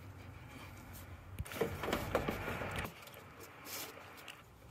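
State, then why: Not seated. After a compression test on a 1997 Toyota Land Cruiser (Lexus LX450) with a 1FZ-FE engine, the wiring harness connector is handled at the ignition coil, making rustling, scraping handling noise with a few brief taps over a low steady background. Nothing has seated or clicked yet; the clip ends just before the connector goes home on the coil.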